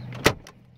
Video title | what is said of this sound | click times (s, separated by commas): 04-08 Pontiac Grand Prix - Remove or replace the dash compartment | you got everything locked into place alright so everything's locked into place so | 0.3 s